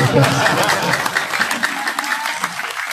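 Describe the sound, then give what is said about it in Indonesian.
Steady applause from a crowd, a dense patter of many hands clapping at even loudness, with faint voices mixed in underneath as the clapping carries on. “Ini tepuk tangan sih bantar.”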